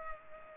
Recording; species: mosquito wingbeat signal from an infrared sensor; Culex pipiens